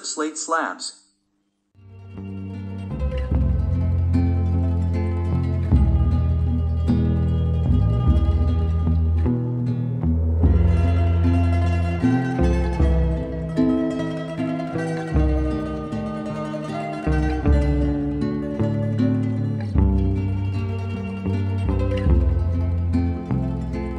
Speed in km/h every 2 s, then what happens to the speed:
18, 23, 27, 27, 24, 25, 25, 25, 23, 22, 21, 21.
0-4 speeds up to 27. 4-24 steady at about 24.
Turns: none.